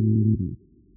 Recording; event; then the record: neck accelerometer signal played as sound; no cough (speech, laughter, throat clearing or background)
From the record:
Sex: male